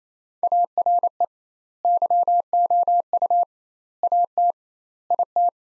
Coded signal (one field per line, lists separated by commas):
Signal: Morse code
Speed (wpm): 27 wpm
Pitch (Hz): 700 Hz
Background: none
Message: ARE YOU AT IT